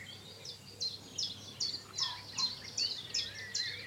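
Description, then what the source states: Common Nightingale song: high chirping phrases repeated in a steady series. Male singing on common land that once held a strong population of nightingales, now hanging on but not expected to last long.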